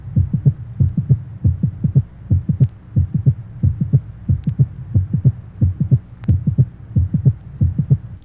Age 35 normal systolic triple rhythm, mitral area, the loudest sound being the second heart sound.